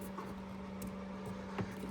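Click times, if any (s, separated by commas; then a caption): none. A plastic interior door trim panel is positioned and lined up on its locating dowel against the car door frame of a 2009 Saab 9-3 Aero XWD after installing door handle lights. A steady low hum runs throughout, with two brief soft handling knocks at about 0.2 and 1.6 seconds. The panel has not snapped or clicked into place yet.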